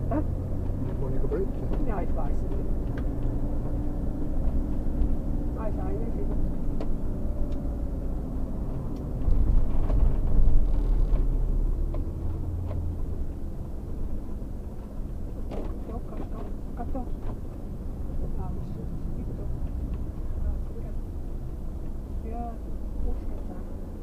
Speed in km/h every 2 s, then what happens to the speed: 0, 20, 18, 18, 0, 0, 0, 0, 0, 0, 0, 0.
0-2 pulls away to 20. 2-8 slows to 0. 8-24 standing.